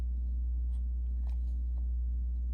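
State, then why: Not seated. A plastic battery compartment cover is positioned and lined up over the new coin cell in a Porsche car key fob housing, ready to be snapped in. Only a steady low hum and a few faint, soft handling rustles are heard. The cover has not snapped in or clicked yet.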